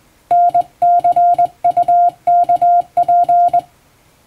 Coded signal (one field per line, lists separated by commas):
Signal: Morse code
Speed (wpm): 20 wpm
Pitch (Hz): 700 Hz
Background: music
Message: NCUKP